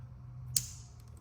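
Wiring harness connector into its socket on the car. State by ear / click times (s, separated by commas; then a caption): seated / 0.6 s. On a BMW F34 320d GT, a car wiring harness connector is plugged back into its socket after its wiring has been taped up, following the direction marking. A single sharp click at 0.6 s over a steady low hum confirms the connector is seated, followed by a few faint ticks.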